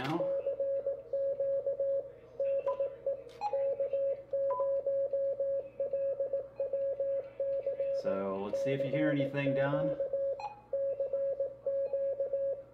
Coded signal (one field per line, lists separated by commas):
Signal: Morse code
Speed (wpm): 19 wpm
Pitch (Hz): 550 Hz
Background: speech, radio noise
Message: CQ DE K0LWC CQ CQ